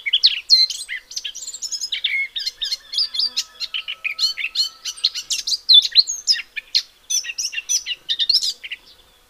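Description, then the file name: Eurasian blackcap delivering a long rambling warble, rapid squeaky and chattering notes with occasional clear whistles, steady throughout the nine seconds. "Sylvia atricapilla"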